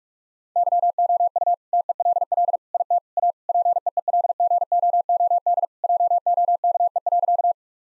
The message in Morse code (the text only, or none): YOU TELL IT A PEEL GOOD JOKE.